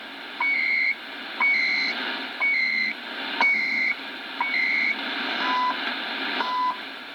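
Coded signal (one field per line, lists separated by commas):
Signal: radio time signal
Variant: CHU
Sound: a short tick every second, each followed by a half-second high warbling data burst, seven in all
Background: radio static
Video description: CHU atomic clock heard in san jose Costa Rica 27/12/2014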